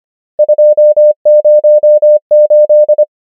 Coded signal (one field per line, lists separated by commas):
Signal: Morse code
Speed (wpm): 25 wpm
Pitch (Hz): 600 Hz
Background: none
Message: 2 0 8